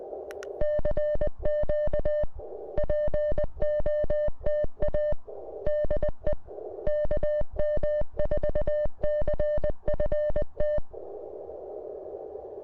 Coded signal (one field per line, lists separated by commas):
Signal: Morse code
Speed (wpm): 20 wpm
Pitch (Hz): 590 Hz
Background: none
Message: CQ POTA DE KM4CFT